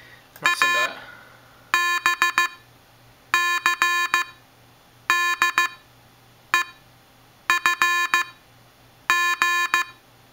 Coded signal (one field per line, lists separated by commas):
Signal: Morse code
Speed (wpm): 15 wpm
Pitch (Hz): 1750 Hz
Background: none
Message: A B C D E F G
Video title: Arduino Morse Code